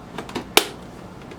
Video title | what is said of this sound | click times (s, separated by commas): Folding Photo Studio Kit Box by Depthlan with LED Light for Photographing Shooting Tent | snap it with the snapper that's on the other side | 0.6 s